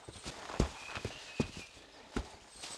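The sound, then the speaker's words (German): A handful of footsteps land in an uneven rhythm, three heavier thuds standing out among softer steps, with a faint steady hiss underneath and no talking. “Boah, 3 Schritte und ich bin schon wieder außer Atem.”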